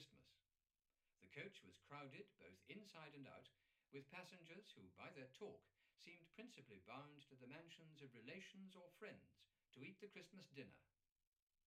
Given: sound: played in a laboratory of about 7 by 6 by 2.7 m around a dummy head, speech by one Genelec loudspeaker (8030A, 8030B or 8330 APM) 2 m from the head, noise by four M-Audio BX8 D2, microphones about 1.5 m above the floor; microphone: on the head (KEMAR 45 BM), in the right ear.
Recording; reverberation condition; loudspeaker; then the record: male speech in English; low; in front (0 degrees)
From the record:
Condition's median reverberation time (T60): about 310 ms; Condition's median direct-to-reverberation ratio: about 3.5 dB